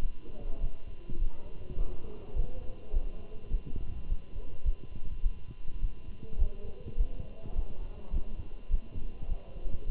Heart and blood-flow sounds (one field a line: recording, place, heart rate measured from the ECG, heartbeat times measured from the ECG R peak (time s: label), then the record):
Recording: heart sounds by stethoscope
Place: between the tricuspid and mitral areas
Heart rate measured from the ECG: 104 bpm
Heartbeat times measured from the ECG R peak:
0.02 s: heartbeat
0.60 s: heartbeat
1.18 s: heartbeat
1.77 s: heartbeat
2.35 s: heartbeat
2.93 s: heartbeat
3.51 s: heartbeat
4.08 s: heartbeat
4.65 s: heartbeat
5.22 s: heartbeat
5.81 s: heartbeat
6.38 s: heartbeat
6.97 s: heartbeat
7.55 s: heartbeat
8.13 s: heartbeat
8.70 s: heartbeat
9.28 s: heartbeat
9.86 s: heartbeat
From the record:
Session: Bruce protocol treadmill stress test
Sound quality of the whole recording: good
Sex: male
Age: 27 years